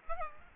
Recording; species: mosquito wingbeat signal from an infrared sensor; Aedes albopictus